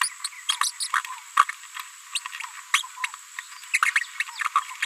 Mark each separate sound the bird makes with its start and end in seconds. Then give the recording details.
0.03-0.09, 0.24-0.27, 0.48-0.56, 0.63-0.71, 0.80-0.87, 0.95-1.00, 1.49-1.51, 2.15-2.19, 2.74-2.82, 3.03-3.06, 3.73-3.78, 3.85-3.91, 3.95-4.00, 4.20-4.23. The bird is a female. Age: 31 days. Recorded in a nest box in Venezuela. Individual 17B73B2